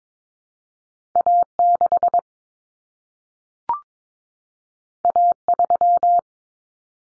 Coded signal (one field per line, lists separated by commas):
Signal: Morse code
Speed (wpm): 22 wpm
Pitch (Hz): 700 Hz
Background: none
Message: A6 A3